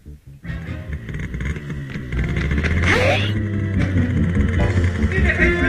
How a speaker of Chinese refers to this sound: 他们猫着腰摸到摩托车跟前。 等我一发动，你跳上来。